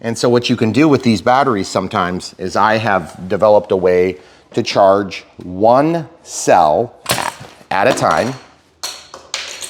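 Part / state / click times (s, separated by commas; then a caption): plastic kickstand in its mount on a battery charger case / released / 9.3 s. Someone talks for most of the clip, then the plastic fold-out kickstand on a battery charger case, likely the iCharger DX8 Dual 1100W, pops out of its mounting with a sharp clink at 9.3 s. The kickstand is not broken.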